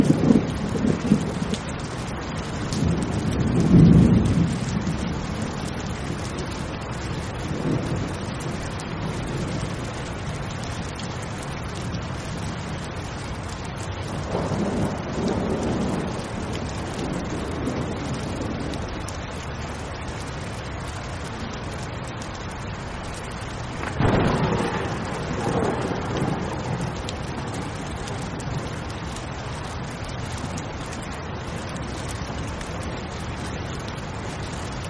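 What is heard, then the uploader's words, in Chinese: A thunderstorm with steady rain hissing throughout, low rumbles of thunder rolling in near the start, around fifteen seconds, and again near twenty-five. 助眠雷雨声 雷雨1。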